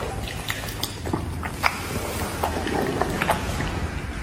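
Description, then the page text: Red panda eating sounds: scattered soft clicks and smacking chews at an irregular pace over a steady low background hum. "Eating #ailurusfulgens"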